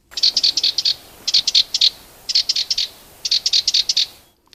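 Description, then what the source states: Sardinian warbler giving harsh, dry rattling chatter in four quick bursts of clipped notes, separated by short pauses. Common in Pityusic gardens and woods; called enganyapastós de cap negre in Ibiza, ganyet in Formentera, tallerol in Catalonia, busqueret in Mallorca.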